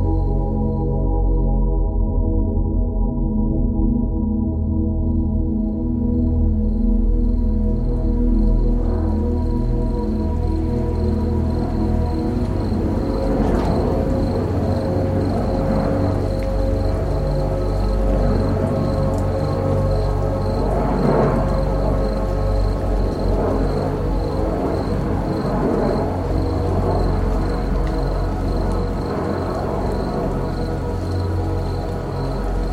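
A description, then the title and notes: Slow, sustained tones of calm music hum steadily throughout, layered with a low drone and a faint high ringing line. After about six seconds, soft countryside sounds rise in the background, with brief chirps and rustles recurring every few seconds until the end. A night in the countryside. Relaxing countryside sounds with 432 Hz relaxing music.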